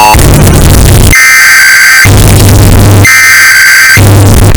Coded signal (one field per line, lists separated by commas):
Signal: Emergency Alert System (SAME) tones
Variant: header bursts